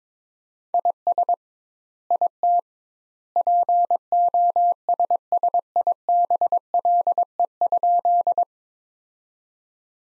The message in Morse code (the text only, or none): IS IT POSSIBLE?